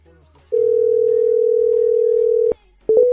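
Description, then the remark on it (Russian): A phone call's ringing tone: one steady, mid-pitched electronic tone holds for about two seconds, then stops. After a short pause, a few quick beeps follow. No one answers or speaks. “Не, братан, не берет что-то он трубку.”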